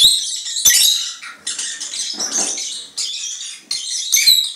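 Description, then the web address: Lovebird chattering in dense, scratchy high squeaks and trills, in bursts with brief pauses and a few sharp clicks. "penie popugajchikov nerazluchnikov. parrots agapornis"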